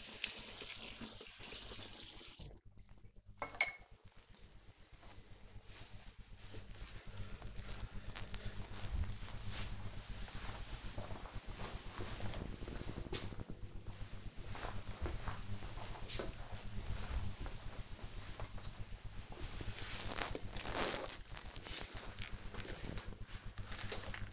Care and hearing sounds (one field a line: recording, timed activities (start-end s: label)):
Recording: household activities, microphone on the right wrist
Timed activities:
0.00-4.71 s: brushing teeth
17.81-24.33 s: window cleaning